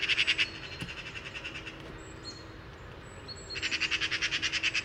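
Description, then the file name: Eurasian magpie harsh rattling chatter at the start and again at the end, with faint thin whistles in between. "Pica pica"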